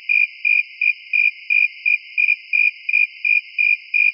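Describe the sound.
Cricket chirps, bright short pulses repeated at a quick, slightly uneven rhythm of roughly three per second, alone against a quiet background.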